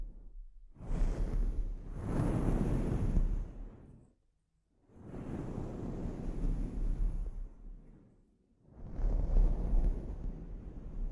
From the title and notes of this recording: ASMR Sleep Inducing Scalp Treatment (No Talking).